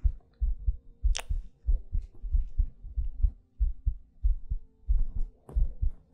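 An adult heartbeat heard close up, ASMR style, with breathing sounds.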